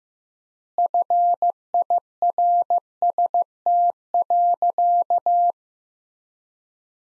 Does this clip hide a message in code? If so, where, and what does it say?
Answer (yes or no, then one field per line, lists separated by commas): yes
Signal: Morse code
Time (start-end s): 0.8-5.5 s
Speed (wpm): 15 wpm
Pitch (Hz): 700 Hz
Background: none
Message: FIRST.